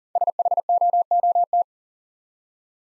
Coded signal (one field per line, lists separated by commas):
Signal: Morse code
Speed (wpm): 38 wpm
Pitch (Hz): 700 Hz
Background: none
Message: SHOOT